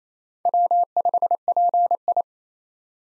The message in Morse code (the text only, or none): W5PI